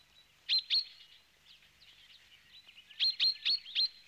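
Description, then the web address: Bird calls: a pair of sharp high chips, faint soft twittering, then a quick cluster of four loud chips. "audio animali uccelli 03 uccelli birds 08"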